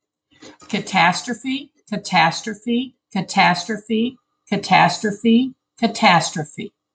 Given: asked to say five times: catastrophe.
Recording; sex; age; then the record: repeated word; female; 60 to 69 years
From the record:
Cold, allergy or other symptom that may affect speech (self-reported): no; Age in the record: 61 years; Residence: United States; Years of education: 18